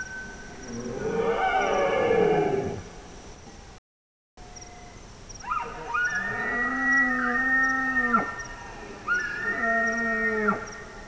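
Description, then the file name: Bactrian deer giving a wavering harmonic call, then two drawn-out tonal calls of steady pitch with a short gap between them. Single male Bactrian deer. "Cervus elaphus bactrianus 1 male"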